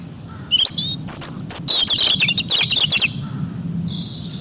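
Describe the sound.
Birds chirping with quick high twittered notes and short trills in a dense burst, faint whistles after, over a low steady hum.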